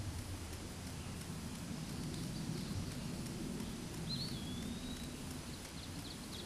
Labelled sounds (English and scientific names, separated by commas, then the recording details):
Eastern Wood-Pewee (Contopus virens) song
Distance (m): 20 m
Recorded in a Pennsylvania forest on 17 May 2023 at 12:58
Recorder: AudioMoth, point grid1_32_low
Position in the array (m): 77 m, 124 m